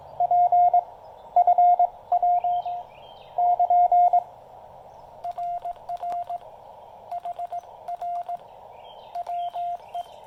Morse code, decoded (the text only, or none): P FW <KN> RR HR WE